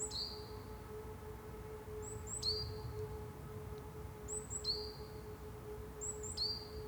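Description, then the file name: Great tit calling faintly: very high thin double note followed by a lower, drawn-out descending whistle, repeated about every two seconds over a steady low hum. "Parus major"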